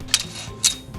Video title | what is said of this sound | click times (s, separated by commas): Notice de montage Sherpascopic plate forme individuelle | assurez-vous bien du blocage des clips vous devez entendre le verrouillage | 0.1 s